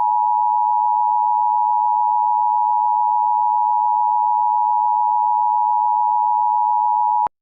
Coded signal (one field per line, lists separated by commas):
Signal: Emergency Alert System (SAME) tones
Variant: 853 and 960 Hz attention tone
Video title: CX4-23 “Zombie Virus” -EAS Scenario